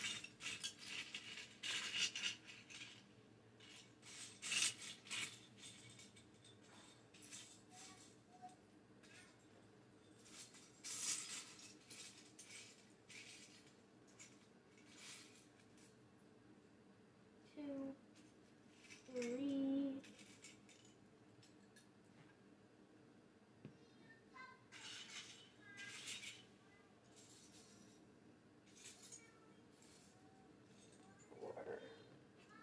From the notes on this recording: Building a Lego set